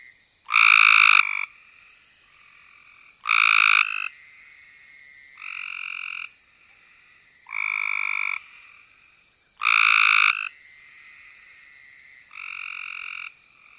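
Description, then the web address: Cope's gray treefrog, buzzy pulsed trills of varying loudness repeated every couple of seconds, over a continuous high drone. "Frog Hyla Chrysoscelis"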